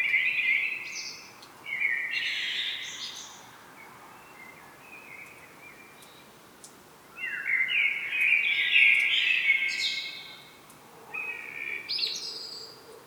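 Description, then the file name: Common blackbird song: fluty warbled phrases broken by high scratchy twitters, one louder phrase in the middle, quiet spells between. "Turdus merula"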